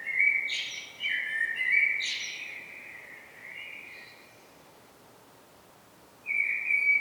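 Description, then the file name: Common blackbird singing mellow, fluty phrases with scratchy high flourishes, a softer trailing note, a few seconds of quiet, then a new warbled phrase beginning. "Turdus merula"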